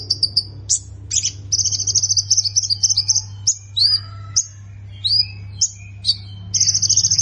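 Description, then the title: Plain prinia song made of varied notes: buzzy, sustained high phrases mixed with short swept chirps and separate upslurred notes, over a constant low hum. "Ciblek Sawah"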